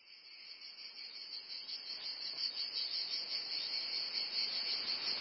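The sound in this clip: Cicada chorus, a shrill continuous hiss-like buzz that starts soft and swells gradually louder throughout.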